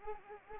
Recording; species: mosquito wingbeat signal from an infrared sensor; Anopheles arabiensis